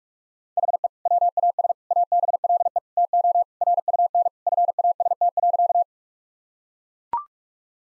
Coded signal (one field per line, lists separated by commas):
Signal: Morse code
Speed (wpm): 41 wpm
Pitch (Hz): 700 Hz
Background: none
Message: HE WAS ABLE TO RUN FAST.